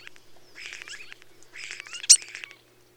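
Bird chattering in two dense, busy bursts of mixed squeaky notes, the second holding a sharp high chip near its end, then quiet, with a faint steady hum.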